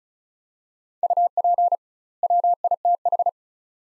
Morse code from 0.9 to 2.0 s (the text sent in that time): UP